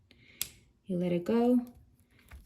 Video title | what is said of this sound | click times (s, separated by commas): How to Drill Holes on Polymer Clay Earrings - Tools to Drill Holes on Polymer Clay - Tools for Clay | the black bolt until you hear a little click you're gonna feel it | 0.4 s